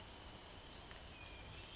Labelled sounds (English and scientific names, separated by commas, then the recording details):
Western Flycatcher (Empidonax difficilis)
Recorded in Sonoma County, California